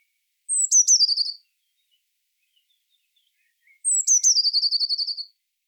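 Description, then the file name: Eurasian blue tit giving two calls about three seconds apart, each a high descending whistle flowing into a rapid buzzy trill. "Cyanistes caeruleus"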